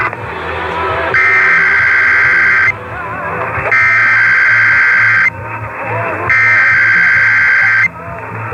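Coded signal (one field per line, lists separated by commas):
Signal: Emergency Alert System (SAME) tones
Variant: header bursts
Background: speech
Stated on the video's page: Required Weekly Test on a Pittsburgh AM broadcast station at 1020 kHz.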